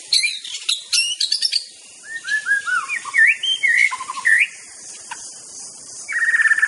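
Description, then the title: White-rumped shama: sharp high chips, then a flowing sequence of rich looping whistles and a closing trill, over a constant high background drone. Wild bird singing in forest. "Kicau Asli Murai Batu Hutan"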